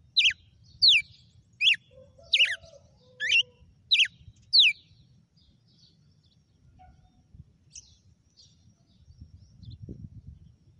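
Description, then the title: Red-cowled cardinal song: seven quick downward-slurred whistles in the first five seconds, then near silence with faint low background noise. Female bird. "Canto Galo Campina Fêmea. GALO DE CAMPINA FENRIR"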